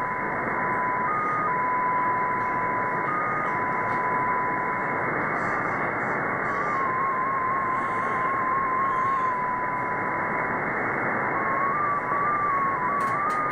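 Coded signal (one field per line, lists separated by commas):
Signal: numbers station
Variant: XPA2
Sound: hissy static with a faint single tone hopping between close pitches, steady slow steps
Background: radio static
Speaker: so this is xp a2 uh on 13394 upper sideband and this comes from moscow russia it is a digital number station spy number station actually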